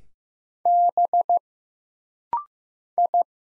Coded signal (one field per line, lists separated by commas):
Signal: Morse code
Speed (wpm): 15 wpm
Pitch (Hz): 700 Hz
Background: none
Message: B I